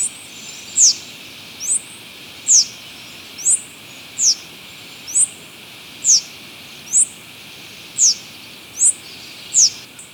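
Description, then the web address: Gray-hooded Bush-Tanager calls: thin, very high, sharply slurred notes repeated at a steady pace, alternating a downward slur with an upturned note, over steady faint background hiss. Recorded in Ecuador. "Birds of Ecuador. Gray-Hooded Bush-Tanager"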